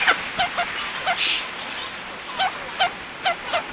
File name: Bonasa umbellus - Ruffed Grouse